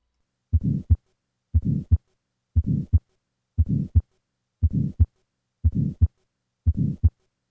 This systolic ejection murmur, which is heard at the third left intercostal space, is typical of right ventricular outflow obstruction that occurs in tetralogy of Fallot. In unrepaired tetralogy of Fallot, the large ventricular septal defect does not produce a murmur.